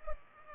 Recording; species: mosquito wingbeat signal from an infrared sensor; Culex pipiens